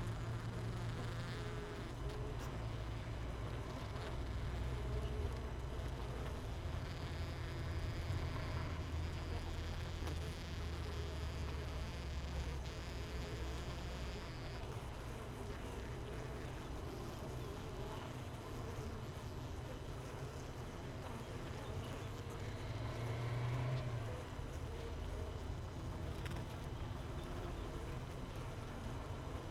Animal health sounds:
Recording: honeybee colony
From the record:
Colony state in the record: missing queen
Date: 31 May 2018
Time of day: 6:21

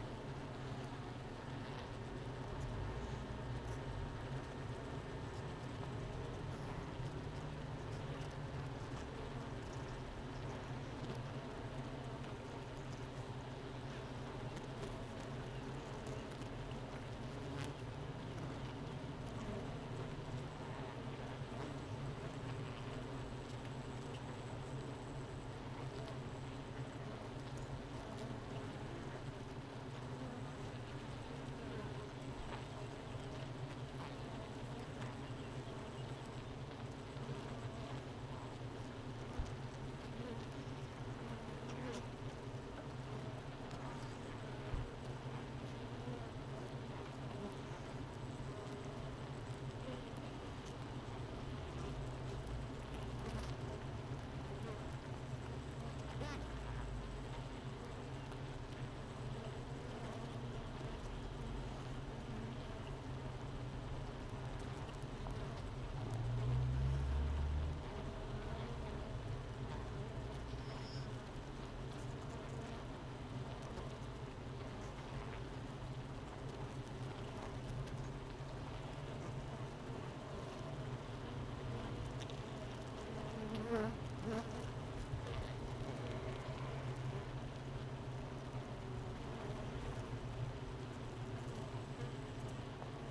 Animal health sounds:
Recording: honeybee colony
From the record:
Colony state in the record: missing queen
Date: 31 May 2018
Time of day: 9:48

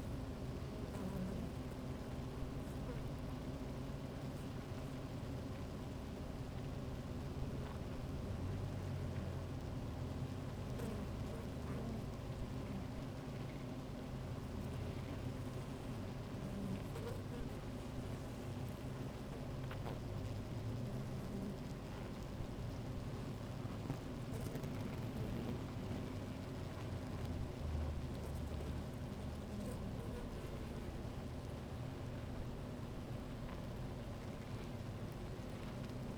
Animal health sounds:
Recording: honeybee colony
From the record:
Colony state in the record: active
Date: 28 July 2017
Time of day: 16:24

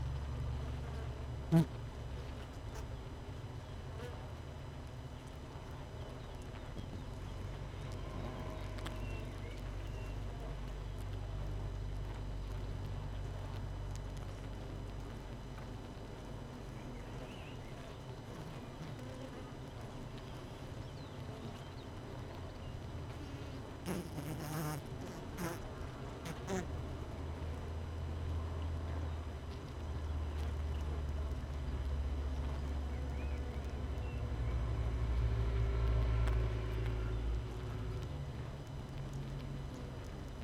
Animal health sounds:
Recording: honeybee colony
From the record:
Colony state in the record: missing queen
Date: 31 May 2018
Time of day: 7:00

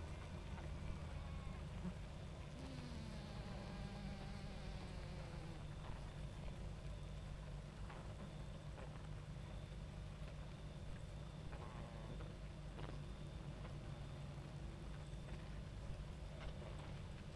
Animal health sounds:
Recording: honeybee colony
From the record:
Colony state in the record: active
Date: 28 July 2017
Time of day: 22:34

